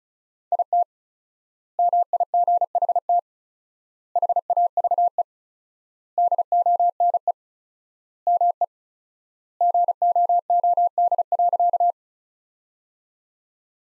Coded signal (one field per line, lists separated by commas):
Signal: Morse code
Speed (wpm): 36 wpm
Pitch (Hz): 700 Hz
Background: none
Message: IT MIGHT HAVE DONE ME GOOD.